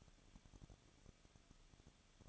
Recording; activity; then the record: daily activity, microphone in the room; no activity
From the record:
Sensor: 4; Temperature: 23.0 degrees Celsius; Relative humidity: 34.6%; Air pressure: 1007.2 hPa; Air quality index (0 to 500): 215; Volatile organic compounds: 15 ppm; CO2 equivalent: 2496 ppm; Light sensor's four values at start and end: 2/3/1/1 and 2/3/1/1